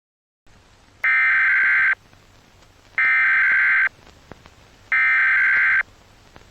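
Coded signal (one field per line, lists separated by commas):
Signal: Emergency Alert System (SAME) tones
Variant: header bursts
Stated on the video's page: Fictional EAS scenario tones.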